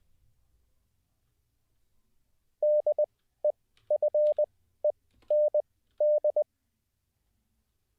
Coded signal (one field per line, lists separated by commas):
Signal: Morse code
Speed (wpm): 20 wpm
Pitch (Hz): 600 Hz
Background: none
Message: DEFEND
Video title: How To Learn Morse Code LIVE with N0SSC (Day 24)